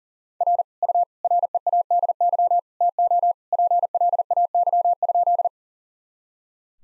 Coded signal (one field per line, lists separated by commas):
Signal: Morse code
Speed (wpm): 40 wpm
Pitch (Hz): 700 Hz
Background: none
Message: R U READY TO PLAY?